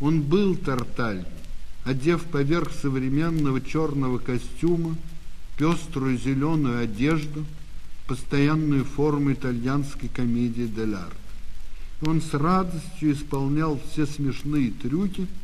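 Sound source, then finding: Adult male narrator. Normal fluent speech.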